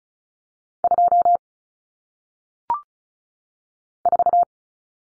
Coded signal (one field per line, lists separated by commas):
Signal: Morse code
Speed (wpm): 35 wpm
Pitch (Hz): 700 Hz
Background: none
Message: 2 4